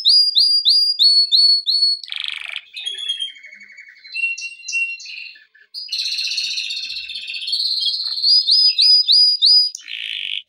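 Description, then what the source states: Canary song: repeated upswept whistled notes, then buzzy and rattling trills, a steady rolling tour, and more swept notes returning near the end. Canary song intended for training.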